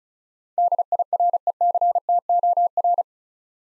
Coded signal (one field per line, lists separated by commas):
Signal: Morse code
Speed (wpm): 36 wpm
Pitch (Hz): 700 Hz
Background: none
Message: DIRECTOR